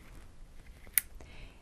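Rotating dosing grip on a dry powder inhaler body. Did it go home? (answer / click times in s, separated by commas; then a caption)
yes / 1.0 s. The red plastic dosing grip at the base of a dry powder inhaler is twisted one way and back, giving a sharp click at 0.98 s, with fainter ticks around 0.7 s and 1.2 s over a quiet background. The click means one dose is loaded and the inhaler is ready for inhaling.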